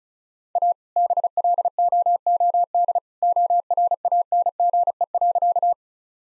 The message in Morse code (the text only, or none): A BLOOD ORANGE.